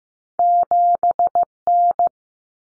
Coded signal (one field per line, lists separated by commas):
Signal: Morse code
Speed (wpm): 15 wpm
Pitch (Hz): 700 Hz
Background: none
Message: 7N